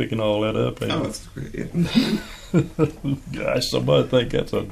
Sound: chuckling

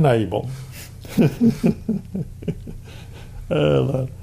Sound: laughing

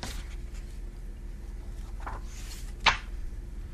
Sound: paper shuffling sounds

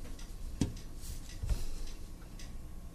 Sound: background movement sounds

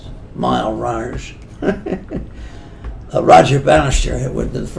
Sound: laughs

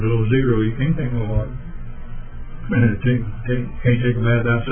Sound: chuckling

